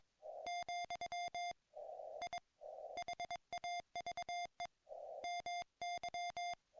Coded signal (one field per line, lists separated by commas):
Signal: Morse code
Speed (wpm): 22 wpm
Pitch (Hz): 700 Hz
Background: none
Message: , I HAVE MY